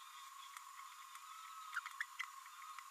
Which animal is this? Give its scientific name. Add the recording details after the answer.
Forpus passerinus. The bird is a female. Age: 26 days. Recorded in a nest box in Venezuela. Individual 17B32A7